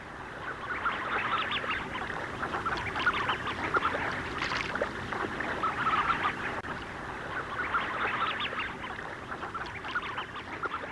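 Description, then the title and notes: Tufted duck flock chattering: a dense, continuous babble of short croaking and rattling notes from many birds, steady throughout. Flock of a couple of hundred resting in an open lead in sea ice along a harbour fairway, chattering on a calm, mild, misty April evening ten years earlier; spring migrants. "Tukkasotka. Juha Laaksonen"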